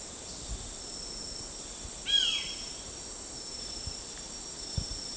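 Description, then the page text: Crimson-winged woodpecker giving a single sharp, downward-slurring call note over a steady, shrill background drone of insects. Danum, Borneo, 10 August 2009. "Sound of Crimson-winged Woodpecker at Danum by NELSON, Mike"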